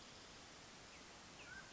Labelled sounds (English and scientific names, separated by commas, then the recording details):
Mountain Quail (Oreortyx pictus)
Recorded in Sonoma County, California